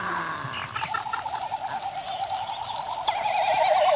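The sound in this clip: Frigatebird making a steady, wobbling warbled trill, with rapid pulses and a higher quavering call joining near the end.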